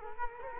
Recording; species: mosquito wingbeat signal from an infrared sensor; Culex quinquefasciatus